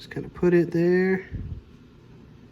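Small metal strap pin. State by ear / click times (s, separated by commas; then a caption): not seated / none. Someone talks while the first end of a tool-less quick-release strap is positioned by finger at the lugs of a Tag Heuer Night Diver watch case, with a few soft handling sounds around 1.3–1.6 s. Nothing has seated or clicked yet.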